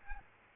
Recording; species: mosquito wingbeat signal from an infrared sensor; Aedes albopictus